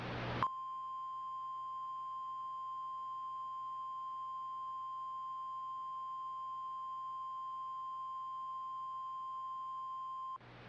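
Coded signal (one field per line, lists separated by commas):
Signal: Emergency Alert System (SAME) tones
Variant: 1050 Hz attention tone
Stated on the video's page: Fictional analog-horror EAS scenario.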